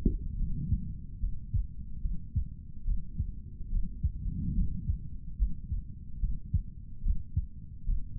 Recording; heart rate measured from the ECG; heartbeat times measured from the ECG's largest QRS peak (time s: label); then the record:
heart sounds by stethoscope; 72 bpm
0.37 s: heartbeat
1.20 s: heartbeat
2.01 s: heartbeat
2.85 s: heartbeat
3.70 s: heartbeat
4.54 s: heartbeat
5.38 s: heartbeat
6.20 s: heartbeat
7.02 s: heartbeat
7.85 s: heartbeat
From the record:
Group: healthy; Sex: male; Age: 55 years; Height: 167 cm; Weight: 57.2 kg